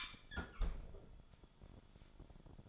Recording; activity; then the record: daily activity, microphone in the room; close fridge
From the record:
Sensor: 5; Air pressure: 1007.9 hPa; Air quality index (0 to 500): 92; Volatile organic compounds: 1 ppm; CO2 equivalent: 726 ppm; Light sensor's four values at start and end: 41/93/39/41 and 40/92/39/40